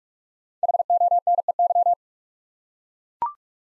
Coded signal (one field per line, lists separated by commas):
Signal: Morse code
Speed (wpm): 44 wpm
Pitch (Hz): 700 Hz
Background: none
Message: HONEY